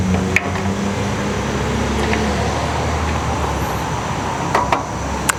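While the charging system on a DYT4000 is being upgraded, a plastic wiring connector is pushed into its mating plug on the charging system harness over a steady low hum. A few sharp knocks come at about 0.4, 4.6 and 4.7 seconds, and the connector snaps in with a crisp click at 5.3 seconds, fully seated.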